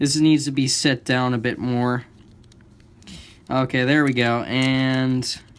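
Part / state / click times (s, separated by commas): plastic part of a computer mouse pressed into the mouse housing / not seated / none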